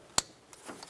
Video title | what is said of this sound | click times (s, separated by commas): How To Replace Valve Cover Gasket 2006-2012 Toyota Rav4 | essentially you just want to go ahead and press these in listen for a click | 0.2 s